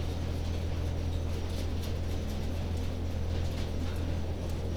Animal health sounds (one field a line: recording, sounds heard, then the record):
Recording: poultry house recording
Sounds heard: no chicken sound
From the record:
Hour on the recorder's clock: 21